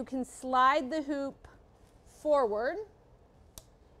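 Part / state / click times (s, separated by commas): multi-position embroidery hoop into its sliding bracket / seated / 3.6 s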